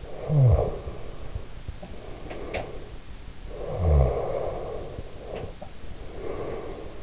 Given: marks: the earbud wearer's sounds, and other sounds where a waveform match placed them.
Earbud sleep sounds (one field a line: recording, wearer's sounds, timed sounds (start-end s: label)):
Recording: sounds in sleep by an in-ear microphone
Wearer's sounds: snoring breath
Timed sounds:
0.00-3.02 s: snoring breath
2.20-2.68 s: sound from someone else or the room
3.57-7.02 s: snoring breath
5.08-5.94 s: sound from someone else or the room